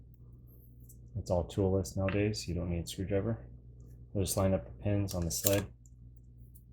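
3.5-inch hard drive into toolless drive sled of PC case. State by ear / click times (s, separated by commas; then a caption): not seated / none. A 3.5-inch hard drive is handled as its mounting holes are lined up with the pins on a plastic toolless drive sled of a PC case, with no screwdriver needed. Someone talks over the quiet handling. Nothing has seated or clicked yet.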